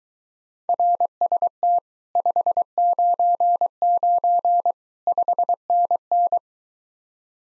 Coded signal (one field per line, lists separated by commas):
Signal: Morse code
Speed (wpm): 23 wpm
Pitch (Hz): 700 Hz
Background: none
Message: RST 599 5NN